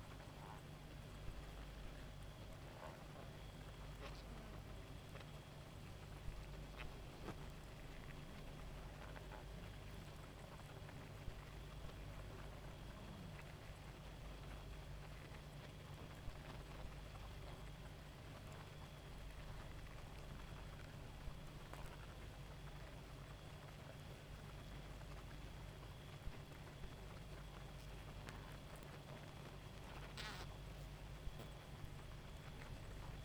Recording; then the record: honeybee colony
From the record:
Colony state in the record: active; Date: 28 July 2017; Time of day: 1:17